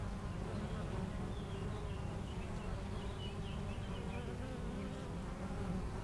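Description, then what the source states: Honey bees hum in a steady low buzz while faint, thin bird twitters run through the middle. Foraging honey bees flying back and forth to flowers between two hives at a garden apiary in Aix-les-Bains, France; some birds in the nearby woods.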